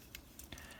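A hinged section of a plastic Transformers Armada Sideways with Crosswise/Rook transforming toy figure is collapsed so a small port lines up with a post and is pushed in. Brief, faint plastic ticks and handling noises are heard over a quiet background. Nothing has seated or clicked yet; the clip ends just before the port goes home on the post.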